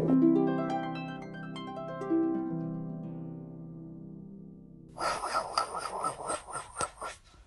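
A few seconds of steady musical tones give way to rapid, regular whooshing pulses at roughly 170 a minute, followed by a few louder isolated bursts. This is a fetal heartbeat picked up by Doppler, with a very normal, good rhythm.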